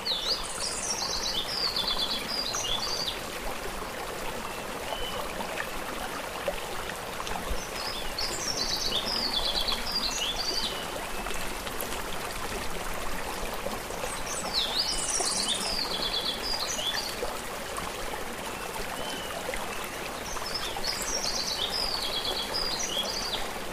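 A cloud forest soundscape in the Sierra Norte of Oaxaca, Mexico, with a steady rushing hiss like flowing water underneath. Bright bird phrases rise above it in bursts, near the start, around 8 seconds, 15 seconds and again near 21 seconds.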